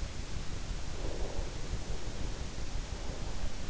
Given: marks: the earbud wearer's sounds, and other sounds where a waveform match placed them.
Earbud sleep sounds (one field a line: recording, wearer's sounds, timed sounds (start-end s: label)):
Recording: sounds in sleep by an in-ear microphone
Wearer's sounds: breath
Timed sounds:
0.71-3.70 s: breath